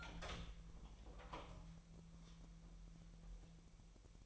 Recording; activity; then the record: daily activity, microphone in the room; open door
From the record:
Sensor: 1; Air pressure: 1001.3 hPa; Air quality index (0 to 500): 249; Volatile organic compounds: 140 ppm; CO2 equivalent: 3976 ppm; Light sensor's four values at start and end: 13/31/13/14 and 13/32/13/14